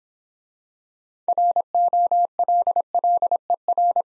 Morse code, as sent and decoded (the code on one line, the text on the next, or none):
.-. --- .-.. .-.. . .-.
ROLLER